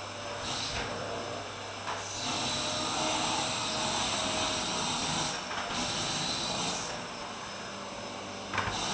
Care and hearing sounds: daily activity, microphone in the room; vacuum cleaning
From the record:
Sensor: 2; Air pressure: 995.1 hPa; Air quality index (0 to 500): 50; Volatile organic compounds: 1 ppm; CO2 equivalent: 782 ppm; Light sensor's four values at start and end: 16/53/21/20 and 16/52/20/20

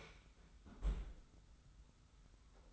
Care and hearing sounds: daily activity, microphone in the room; close fridge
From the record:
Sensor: 3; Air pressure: 991.0 hPa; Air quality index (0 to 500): 119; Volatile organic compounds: 89 ppm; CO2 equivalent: 3679 ppm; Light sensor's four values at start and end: 34/81/33/30 and 34/81/33/30

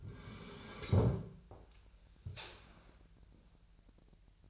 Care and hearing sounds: daily activity, microphone in the room; sit down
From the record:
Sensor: 2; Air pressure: 1001.8 hPa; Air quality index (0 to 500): 240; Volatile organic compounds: 73 ppm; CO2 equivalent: 3550 ppm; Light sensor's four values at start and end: 7/16/7/7 and 9/21/9/9

